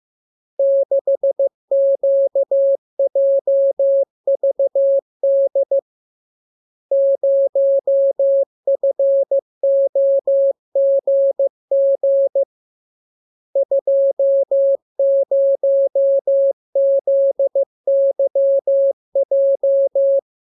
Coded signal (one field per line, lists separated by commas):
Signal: Morse code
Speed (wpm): 15 wpm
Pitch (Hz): 550 Hz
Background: none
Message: 6QJVD 0FOGG 20ZYJ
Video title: Learning Morse Code. Lesson 40. Letter KMURESNAPTLWI.JZ=FOY,VG5/Q92H38B?47C1D60X